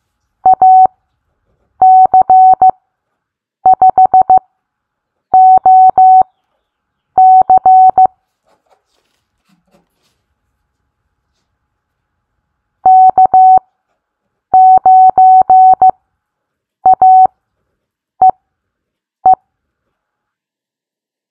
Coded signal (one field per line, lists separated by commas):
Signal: Morse code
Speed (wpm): 15 wpm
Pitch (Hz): 750 Hz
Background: none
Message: AC5OC K9AEE